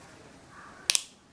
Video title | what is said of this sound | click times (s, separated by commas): Hammerhead Karoo 2 UNBOXING and first impressions!!! | nice hard pull, and it clicks twice. | 0.9 s, 1.0 s